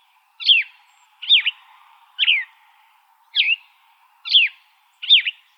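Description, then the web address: Gray vireo singing six brief slurred, husky phrases spaced about a second apart over a faint hum. Recorded 28 August 2005. "Shrikes Vireos AZFO GRVI 082805"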